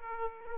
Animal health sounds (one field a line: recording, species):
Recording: mosquito wingbeat signal from an infrared sensor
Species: Aedes aegypti